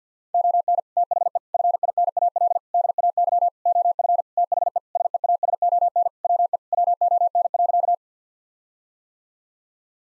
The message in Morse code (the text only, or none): ON THE FINAL DAY OF THE SEASON WE WON.